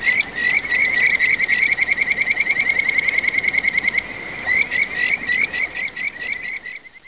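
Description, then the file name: Frog calling in rapid trilled pulses around a high pitch, a long run of fast repeats, a brief pause, then shorter broken bursts fading toward the end. "kaeru"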